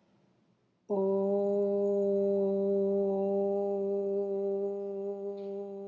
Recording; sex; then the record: sustained vowel /u/; female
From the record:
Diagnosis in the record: healthy control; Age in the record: 69 years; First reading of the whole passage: 57 s, 9.1 characters per second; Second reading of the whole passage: 50 s, 10.4 characters per second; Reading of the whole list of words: 47 s, 6.0 characters per second